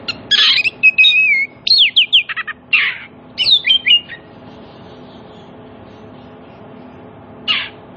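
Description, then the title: Oriental magpie-robin song: loud whistled notes mixed with harsh rasping bursts in the first four seconds, then quiet until one more harsh note near the end. Played as a lure so that silent magpie-robins answer and sing energetically (gacor) within about five minutes. "Cukup Hitungan Menit Kacer Lain Bisa Bunyi. CUKUP 5 Menit Kacer LAIN NYAUT JADI GACOR, PANCINGAN KACER MACET BUNYI"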